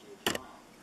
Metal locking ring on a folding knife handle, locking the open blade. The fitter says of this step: to lock it in place and show you what that looks like so now